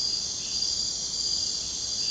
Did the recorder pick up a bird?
no